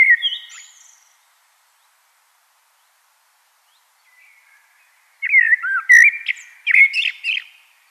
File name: Turdus merula